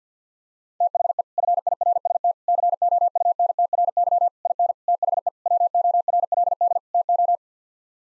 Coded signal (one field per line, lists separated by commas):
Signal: Morse code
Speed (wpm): 50 wpm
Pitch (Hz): 700 Hz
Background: none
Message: THE FIRST COUNTRY IN THE WORLD TO